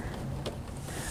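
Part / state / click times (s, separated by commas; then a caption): embroidery unit onto a sewing machine free arm / seated / 0.5 s. An embroidery unit is slid onto the free arm of an EverSewn Sparrow X2 sewing machine and pushed into place until it latches. A single sharp click is heard at 0.5 s over steady low background noise, and the unit is seated.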